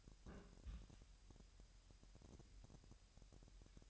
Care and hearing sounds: daily activity, microphone in the room; place on stove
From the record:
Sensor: 2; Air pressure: 1001.8 hPa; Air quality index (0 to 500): 244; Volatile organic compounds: 34 ppm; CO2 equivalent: 3037 ppm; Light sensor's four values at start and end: 5/11/4/5 and 5/11/4/5

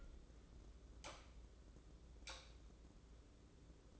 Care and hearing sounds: daily activity, microphone in the room; light on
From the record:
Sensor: 3

